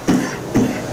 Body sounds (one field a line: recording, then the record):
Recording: coughing mixed with background sound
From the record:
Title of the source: Spring Cold Coughing 3